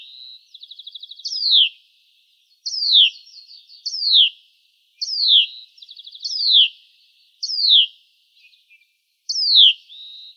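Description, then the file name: Hutton's vireo giving repeated steep downslurred calls at a steady pace, mixed with short buzzy rattling chatters. "HUVI 5 deviche"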